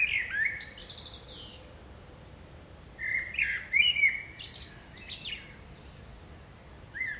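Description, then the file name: Common blackbird singing a longer fluted, warbling phrase in the middle with squeaky high flourishes, framed by fragments of other phrases at the start and end. "Turdus merula"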